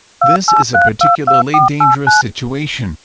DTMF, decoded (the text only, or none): 28322489